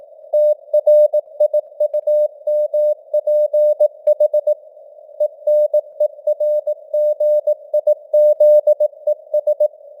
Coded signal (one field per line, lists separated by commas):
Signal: Morse code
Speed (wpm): 18 wpm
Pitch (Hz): 600 Hz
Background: none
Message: TRIUMPH ENERGIZES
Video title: Morse Code News | 2025-11-06 | 18wpm